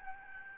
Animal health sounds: mosquito wingbeat signal from an infrared sensor; Aedes albopictus

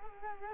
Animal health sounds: mosquito wingbeat signal from an infrared sensor; Culex quinquefasciatus

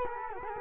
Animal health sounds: mosquito wingbeat signal from an infrared sensor; Culex quinquefasciatus

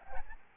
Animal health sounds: mosquito wingbeat signal from an infrared sensor; Aedes albopictus

